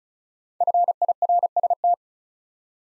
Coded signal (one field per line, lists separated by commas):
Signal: Morse code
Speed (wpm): 34 wpm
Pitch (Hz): 700 Hz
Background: none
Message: FIRST